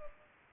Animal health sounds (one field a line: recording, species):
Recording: mosquito wingbeat signal from an infrared sensor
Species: Culex pipiens